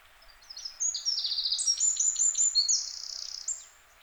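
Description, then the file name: Eurasian wren singing one long, energetic phrase of fast trills and bright, high notes lasting about three seconds, with a faint background hiss. "Troglodytes troglodytes"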